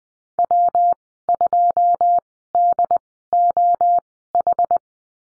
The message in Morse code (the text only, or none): W2DOH